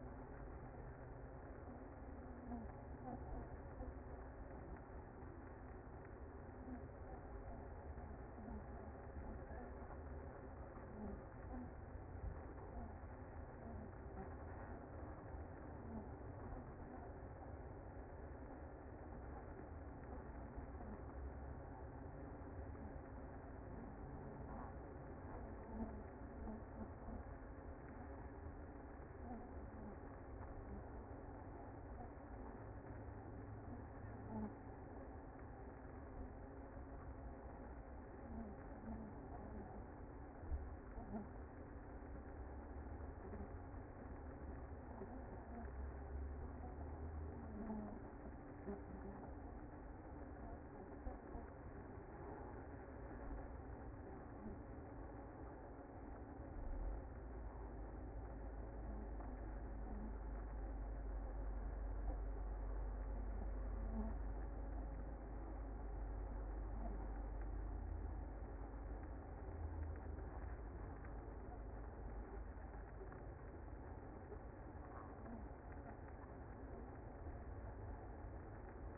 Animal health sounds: honeybee colony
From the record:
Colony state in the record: active

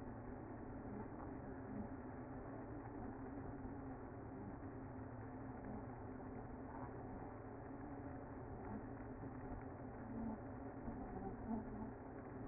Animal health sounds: honeybee colony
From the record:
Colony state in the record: active

